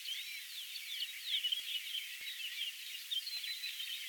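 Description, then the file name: Tree pipit song, a steady run of quick high chirps and short trilled notes packed closely together, with nothing heard in the low range. "konek lesnojj"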